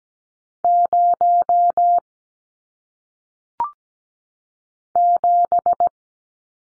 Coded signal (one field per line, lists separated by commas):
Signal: Morse code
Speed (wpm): 17 wpm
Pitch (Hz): 700 Hz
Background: none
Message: 0 7